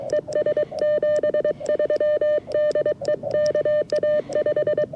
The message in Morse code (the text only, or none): ES 73 DE KA5